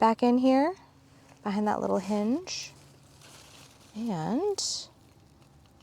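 A small compostable plastic plant trellis clip is woven through a garden trellis behind a hinge, ready to be pressed closed, while someone talks. Only faint handling sounds follow between the speech. The clip has not snapped shut or seated yet.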